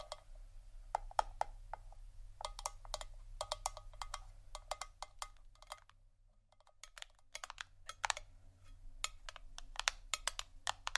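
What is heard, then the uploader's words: Sharp, bright taps land on hard objects in quick clusters, some single and some in rapid runs of two or three, with a short quiet gap near six seconds. A low steady hum sits underneath. ASMR Sleepy Tapping (book, Wood, Ceramic, Egg, Etc ) (No Talking).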